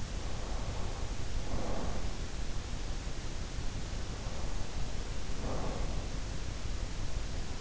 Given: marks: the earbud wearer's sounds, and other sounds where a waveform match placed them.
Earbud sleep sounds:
sounds in sleep by an in-ear microphone; breath
0.00-2.21 s: breath
3.96-6.17 s: breath

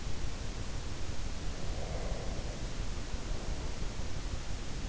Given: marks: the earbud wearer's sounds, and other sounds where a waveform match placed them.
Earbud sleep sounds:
sounds in sleep by an in-ear microphone; breath
1.56-3.89 s: breath

